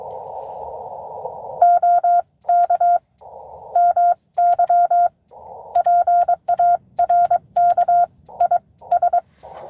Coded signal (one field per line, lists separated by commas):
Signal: Morse code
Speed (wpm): 21 wpm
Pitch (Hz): 700 Hz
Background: none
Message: OK MY PARK IS